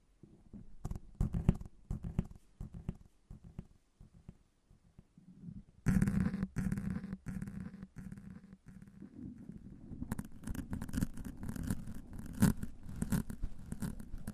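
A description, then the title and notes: Tapping and scratching in quick, dense bursts, mostly low and muffled, with sharp clicks cutting through. Around six seconds the scratching turns brighter and rougher, eases off, then returns harsher and more continuous from about ten seconds to the end. On this episode, a special tapping & scratching ASMR episode.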